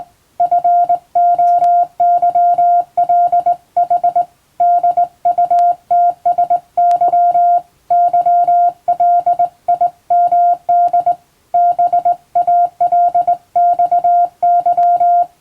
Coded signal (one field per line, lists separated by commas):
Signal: Morse code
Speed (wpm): 20 wpm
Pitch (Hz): 700 Hz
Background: music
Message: FOYLH DUTSY YLIMD BALXY